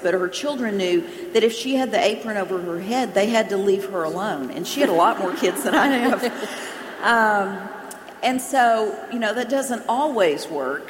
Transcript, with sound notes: But her children knew that if she had the apron over her head, they had to leave her alone. And she had a lot more kids than I have! (Laughter) That doesn’t always work.